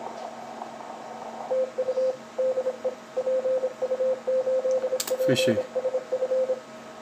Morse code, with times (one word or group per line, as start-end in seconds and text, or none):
1.5-2.1 TU
2.4-2.9 DE
3.2-6.5 PU8PSF